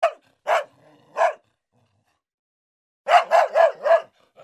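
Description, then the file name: Dog barking: three separate sharp barks, a short silence, then a quick burst of four barks in a row. "собака"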